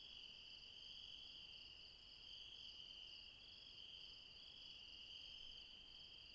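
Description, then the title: Insects chirping at night, a continuous high layered trill of several steady pulsing tones, unbroken throughout. Late night in the mountains at Refuge Krevatia, Barbala, Dion, Greece. "Refuge Krevatia, Μπαρμπαλά, Dion 601 00, Greece - Late night mountain insects"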